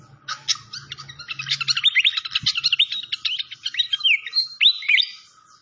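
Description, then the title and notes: Malaysian pied fantail singing a rapid, busy stream of high chirps that ends in a few looping, rising and falling whistles, with a low hum early on. Masteran (training recording) of clear-voiced song mixed with the sound of flowing water. "Masteran Sikatan Kipas Suara Jernih Dan Suara Gemericik Air. Suara Burung Sikatan Londo"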